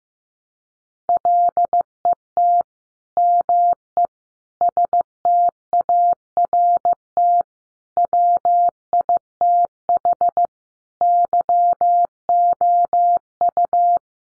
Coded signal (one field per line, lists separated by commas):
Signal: Morse code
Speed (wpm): 15 wpm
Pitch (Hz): 700 Hz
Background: none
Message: LET ME START WITH YOU